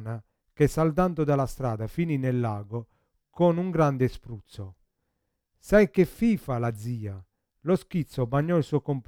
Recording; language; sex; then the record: read passage; Italian; male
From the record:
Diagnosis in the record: Parkinson's disease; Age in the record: 50 years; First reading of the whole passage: 72 s, 7.2 characters per second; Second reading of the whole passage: 54 s, 9.6 characters per second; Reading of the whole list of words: 40 s, 7.1 characters per second